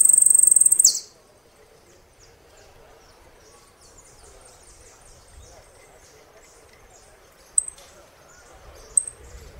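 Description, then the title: Saffron finch song: a rapid high trill lasting about a second, then near quiet with two chips late on. "Jilguero Argentino"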